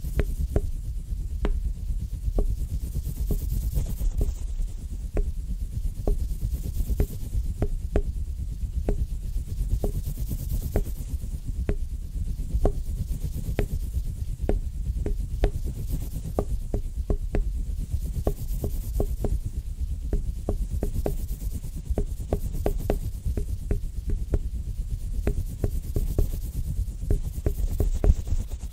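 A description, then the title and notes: Soft, bassy tapping runs steadily for the whole clip, with quick, closely spaced taps landing in an uneven but continuous rhythm. Each tap is muffled and low, carried over a faint rubbing, scratchy texture and a thin airy hiss up high. ASMR Rhythmic Tapping Bassy & Soft No Talking.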